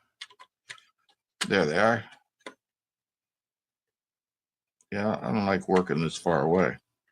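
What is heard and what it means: A plastic scale-model car body is handled over its chassis, lining up its mounting holes with the chassis pegs before being pressed down. A few faint, light ticks sound early on while someone talks. Nothing has seated or clicked yet.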